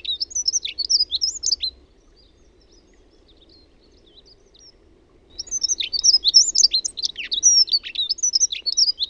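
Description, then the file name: Dunnock song: a short high jingling phrase ends, then after a few quiet seconds another rapid, scratchy warbled strophe starts and runs to the end. "RAUTIAINEN"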